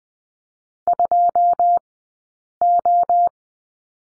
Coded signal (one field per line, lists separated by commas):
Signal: Morse code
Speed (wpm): 20 wpm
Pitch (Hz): 700 Hz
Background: none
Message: 2O